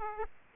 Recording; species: mosquito wingbeat signal from an infrared sensor; Aedes aegypti